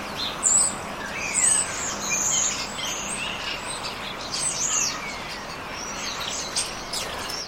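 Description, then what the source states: Starlings chattering: thin whistles, sliding squeaks and scratchy notes in a busy, overlapping stream, with a steady background hiss. More than one starling.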